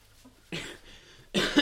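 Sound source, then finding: Adult man. Cough.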